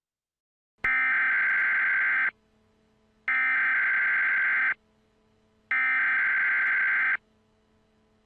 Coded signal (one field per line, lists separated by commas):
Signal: Emergency Alert System (SAME) tones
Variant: header bursts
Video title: EAS Scenarios:The Birds